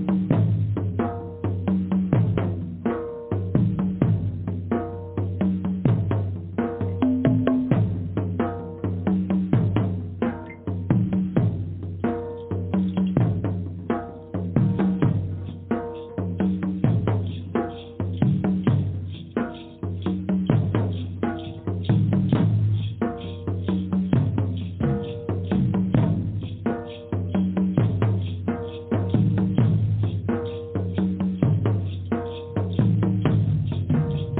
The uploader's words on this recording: Drumming: Powerful. Drumming vibrations.